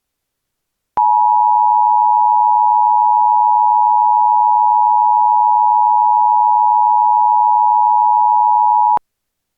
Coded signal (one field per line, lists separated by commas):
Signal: Emergency Alert System (SAME) tones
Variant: 853 and 960 Hz attention tone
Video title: EAS Child Abduction Emergency (AMBER Alert) Zanesville, Ohio (Unknown Suspect!)